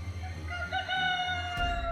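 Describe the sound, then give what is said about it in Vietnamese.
A rooster crows once, its fourth crowing of the night, in a long, drawn-out cock-a-doodle-doo, its harmonic call rising and holding steady before a soft thump near the end, over low rumbling background noise. “Gà gáy tới lần thứ tư thì các chú tiểu đã lục đục dậy để làm công chuyện.”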